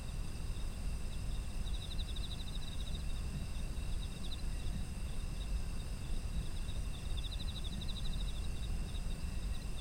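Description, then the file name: Insects calling: pulsed, rattling trills in a few bursts, over steady high ringing drones and a constant low rumble. Autumn insects as an environmental ambience. "秋の虫の環境音"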